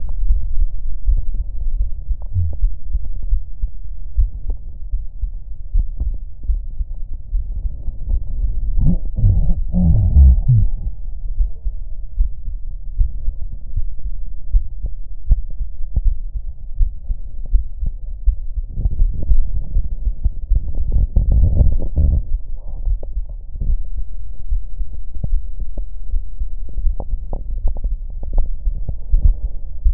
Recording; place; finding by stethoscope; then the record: heart sounds by stethoscope; tricuspid valve (TV); normal heart sounds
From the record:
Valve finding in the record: tricuspid regurgitation, grade 1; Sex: male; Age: 53 years